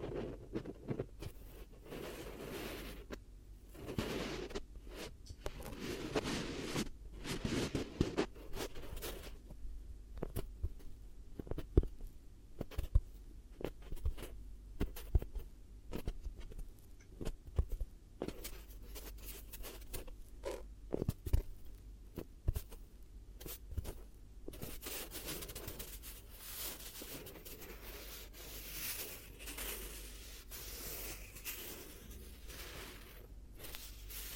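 Hypnotic triggers around the head: dense crackling, scraping and tapping sounds, irregular and constant, with brighter rustling after about twenty-five seconds.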